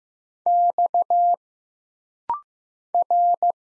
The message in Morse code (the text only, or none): X R